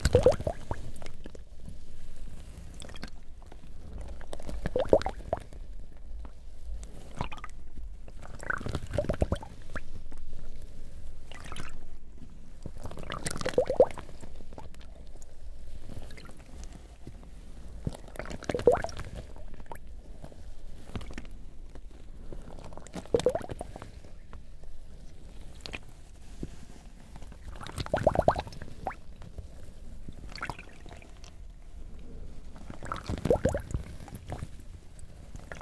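Water drops fall with soft wet clicks and squishes while a sprayer fires short hissing bursts at a steady pace, roughly every four to five seconds. Smaller drips fill the gaps, over a faint low rumble throughout.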